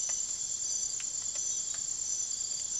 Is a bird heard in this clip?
no